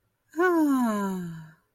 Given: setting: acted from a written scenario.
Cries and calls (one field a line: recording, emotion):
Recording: vocal sound without words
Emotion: adoration